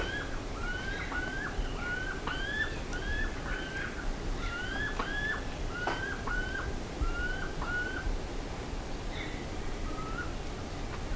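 Bird calls: many overlapping hooked whistles rising and falling, several birds calling together in a busy chorus over low background noise.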